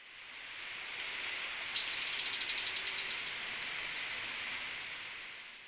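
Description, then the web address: Pacific tuftedcheek giving a fast, high buzzy trill that slides downward at the end, lasting about two seconds, over soft background hiss. Ecuador. "Birds of Ecuador. Pacific Tuftedcheek"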